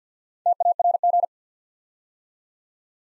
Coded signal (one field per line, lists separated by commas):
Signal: Morse code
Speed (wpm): 50 wpm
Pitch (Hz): 700 Hz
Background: none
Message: TARG